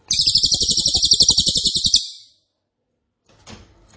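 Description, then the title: Cililin song: a single dense, very high, rapid-fire pulsed trill lasting about two seconds, then silence and a faint noise. Loud, dense, rapid-fire song ('nembak keras dan rapat'), presented as a favourite training recording (masteran) for oriental magpie-robin, leafbird and white-rumped shama. "Cililin NEMBAK KERAS dan RAPAT masteran murai batu cucak ijo dan kacer"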